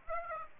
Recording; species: mosquito wingbeat signal from an infrared sensor; Aedes aegypti